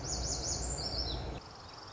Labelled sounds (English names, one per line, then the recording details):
Lazuli Bunting
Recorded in Sonoma County, California